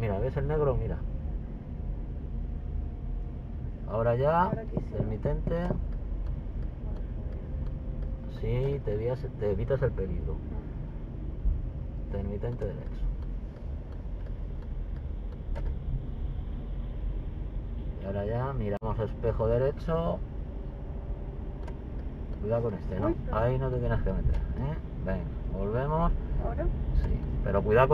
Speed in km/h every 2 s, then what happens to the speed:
27, 26, 25, 22, 23, 24, 26, 26, 23, 22, 24, 25, 28, 29.
0-19 steady at about 24. 19-28 speeds up to 29.